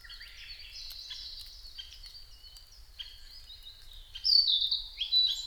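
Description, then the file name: Narcissus flycatcher song, faint and blurred at first, then a loud, clear whistled phrase near the end, followed by another. Recorded 5 May 2008 at 07:22. "kibitaki 20080505-0722"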